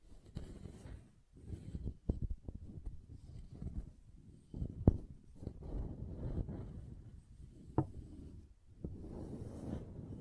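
Soft, dense scraping and carving on a bar of soap, mostly low and muffled, with brief pauses and sharp taps near five and eight seconds.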